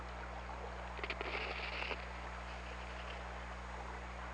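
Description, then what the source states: Killer whale call: a faint tonal sound about a second long with a few clicks, over steady low underwater hum. Recorded by hydrophone at OrcaLab on 17 February 2018 around 17:46.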